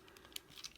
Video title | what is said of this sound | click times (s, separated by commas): Transformers Shattered Glass Deluxe Class Autobot Goldbug Review | and then this will all just kind of tab and click into place and there you go there is the vehicle mode again | 0.4 s